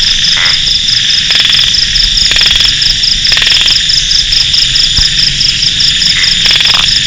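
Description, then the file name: Common tree frog calling with short bursts of rapid clicking pulses, repeated about every second with a longer pause in the second half, over a loud, steady high-pitched insect chorus. "Polypedates leucomystax"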